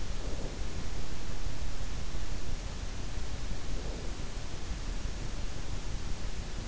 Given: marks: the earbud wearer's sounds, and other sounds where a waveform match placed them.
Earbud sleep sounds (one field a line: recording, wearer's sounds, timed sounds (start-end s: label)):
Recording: sounds in sleep by an in-ear microphone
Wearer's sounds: breath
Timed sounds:
0.00-0.74 s: breath
3.49-4.29 s: breath